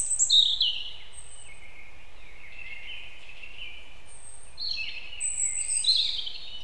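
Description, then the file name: European robin song: a brief high trill, then a long thin drawn-out whistle, ending with a burst of quick high notes; low background hiss. "Erithacus rubecula"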